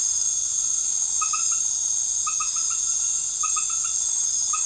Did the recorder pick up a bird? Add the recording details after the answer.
no. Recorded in secondary vegetation near Puerto Asís, Putumayo, Colombia, on 13 March 2025 at 20:30. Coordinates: 0.489, -76.322. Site G042